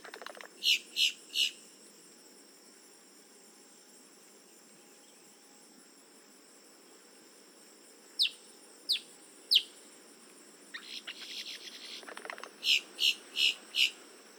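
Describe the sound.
Boat-tailed grackle giving a varied mix: short harsh bursts, a few descending squeaky sweeps, a noisy rattle, then a run of clipped buzzy notes.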